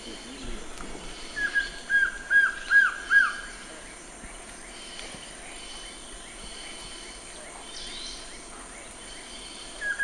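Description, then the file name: Collared trogon delivering five soft, evenly paced notes that build in volume, then quiet ambience with a constant high hum and a final note. "Canto do surucua de coleira"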